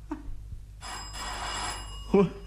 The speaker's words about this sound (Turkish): Kapı çalınıyor.